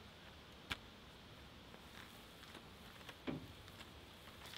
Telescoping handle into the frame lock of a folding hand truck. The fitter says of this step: handle raises by pressing the button and lifting on the handle until it locks in place